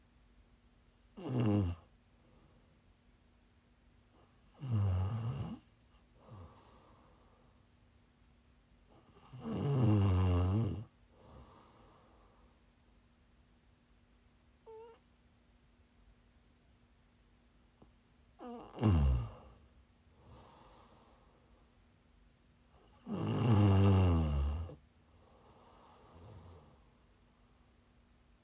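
Loud snores come in bursts roughly every four to five seconds, each with a low rasp, softer breaths between and a steady faint hum.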